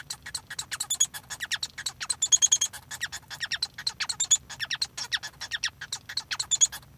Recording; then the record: song of a male Bengalese finch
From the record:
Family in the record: son of father 1